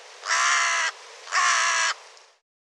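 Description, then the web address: Bird giving two loud, harsh, drawn-out caws about a second apart, with nothing else heard. "cianscape birddata Deverinetal 2025"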